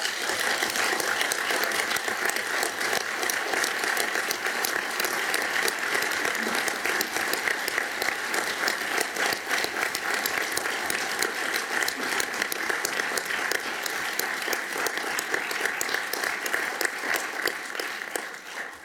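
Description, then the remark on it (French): Sustained, thunderous applause from a large crowd for Bali Bakayoko, a dense steady roar of clapping hands that holds at full volume for nearly twenty seconds before tapering slightly at the end. “à Bali Bakayoko, pour lequel je souhaite un tonnerre d'applaudissements”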